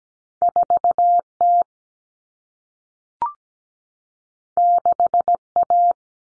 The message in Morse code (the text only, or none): 4T 6A